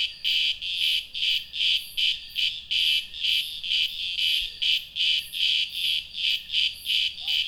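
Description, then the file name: Cicadas sounding a rapid, pulsed, high-pitched buzz, about two to three throbs per second, steady and continuous. "cigarras"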